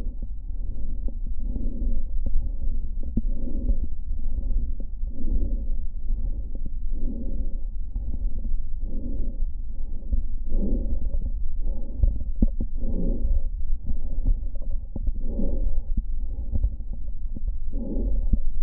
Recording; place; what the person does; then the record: lung sounds by stethoscope; left posterior basal chest; quiet breathing, then deep breathing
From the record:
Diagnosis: interstitial lung disease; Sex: female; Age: 74 years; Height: 150 cm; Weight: 69.8 kg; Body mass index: 31.0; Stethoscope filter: diaphragm mode